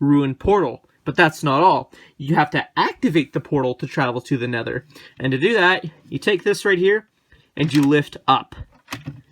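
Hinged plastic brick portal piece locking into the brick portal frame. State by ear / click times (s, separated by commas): seated / 8.9 s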